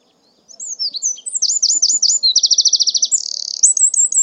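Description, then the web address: Bird song, a fast high phrase of sliding whistles, then dry rapid trills and a buzzy run, ending in short chirped notes. "cianscape birddata Deverinetal 2025"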